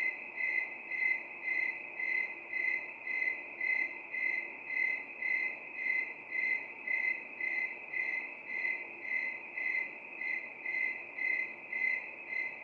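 Cricket chirping in steady, evenly spaced pulses, nearly two per second, with a high ringing tone throughout and no other clear sounds.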